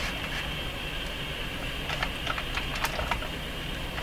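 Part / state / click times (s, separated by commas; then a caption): telescopic antenna into radio cabinet spring-ball detent / not seated / none. The telescopic antenna of a Grundig Satellit Professional 650 portable shortwave radio is handled and pressed down toward the spring-ball detent in the radio cabinet, the detent meant to snap the antenna in. Light handling ticks come at about 2.0, 2.3, 2.8 and 3.1 seconds over a steady background hiss with a faint high tone. The antenna has not yet snapped into the detent, and nothing has seated or clicked yet.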